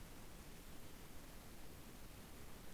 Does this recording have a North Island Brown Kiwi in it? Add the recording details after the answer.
no. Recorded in New Zealand on 7 January 2015. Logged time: 23:58. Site BX23